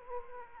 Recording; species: mosquito wingbeat signal from an infrared sensor; Aedes aegypti